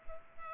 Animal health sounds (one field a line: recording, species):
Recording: mosquito wingbeat signal from an infrared sensor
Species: Culex pipiens